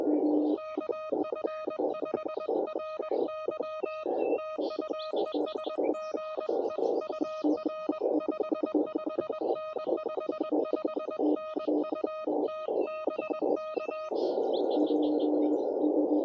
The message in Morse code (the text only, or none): KF5RY TU ES GE UR 55N 55N UT BK